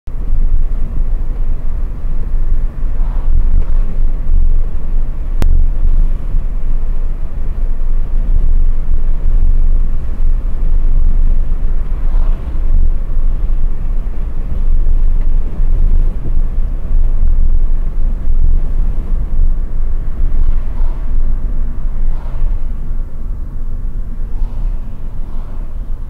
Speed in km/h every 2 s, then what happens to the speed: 59, 62, 61, 61, 60, 60, 60, 60, 60, 60, 53, 47, 37.
0-19 steady at about 60. 19-26 brakes to 37.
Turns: none.